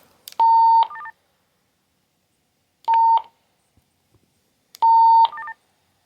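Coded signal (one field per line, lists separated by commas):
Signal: radio ID data burst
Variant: MDC1200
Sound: three short bursts, each a steady beep ending in a quick two-tone warble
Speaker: And whenever I push to talk, it says 309 with a little exclamation point, saying that this is the priority traffic radio.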